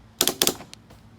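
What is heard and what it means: The plastic ratcheting fuel cap on the tank of a 2020 Ariens Apex 52-inch mower is twisted tight so dust and grass stay out, and its ratchet clutch clicks at 0.2, 0.4 and 0.7 s. The cap is marked to tighten three clicks, and it is uncertain whether all three were heard.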